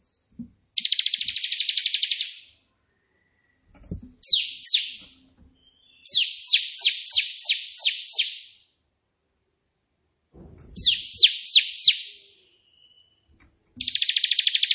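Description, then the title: Prinia song mixing a fast buzzy trill with series of sharp descending high notes in short bursts, several pauses between phrases. Three song variations, used as a tutor recording for caged prinias. "3 VARIASI TEMBAKAN prenjak putih"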